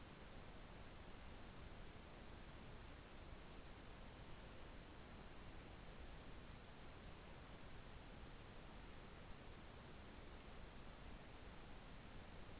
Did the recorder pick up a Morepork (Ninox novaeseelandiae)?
no